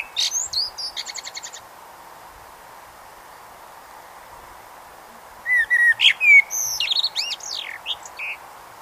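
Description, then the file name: Common blackbird song: opens with a high, rapid chittering trill. After a pause comes a mellow whistled phrase that ends in thin, squeaky high notes. "Turdus merula"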